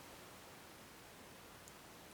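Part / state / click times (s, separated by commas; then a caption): pin stack in padlock cylinder / seated / 1.7 s. A pin stack in the cylinder of an ABUS Titalium 96TI60 padlock is picked after the pick is restarted, and the rotor is let ease back until a pin sets at the shear line. Over a steady broadband hiss, one short, sharp click is heard at 1.7 s. The pin is now set.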